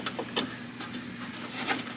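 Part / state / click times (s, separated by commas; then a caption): window glass into door regulator clip / not seated / none. An installer reaches through the car door opening to snap a second retaining clip that holds the window glass to the door regulator. Two brief, sharp handling taps land near 0.1 s and 0.4 s over a low, steady hum, with softer rustling after. Nothing has seated or clicked into place yet.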